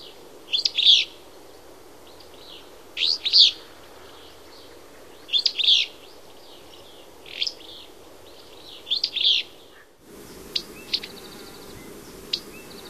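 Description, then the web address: Willow flycatcher song: a burry, sneezy two-part phrase repeated every couple of seconds, then quieter scattered chips over a steady background hiss. "Songs of Birds of North America Stokes. Willow Flycatcher"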